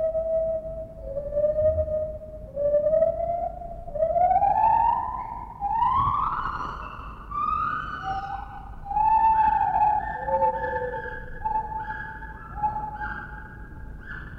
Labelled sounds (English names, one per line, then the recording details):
Lar Gibbon
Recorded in captivity
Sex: pair
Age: adult
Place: Zoo Berlin, Berlin, DE
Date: 1960-10-22 12:15
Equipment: Minifon, Kopie Smaragd
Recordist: Tembrock, Günter